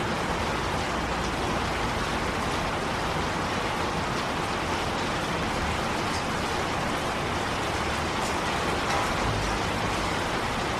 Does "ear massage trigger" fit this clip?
no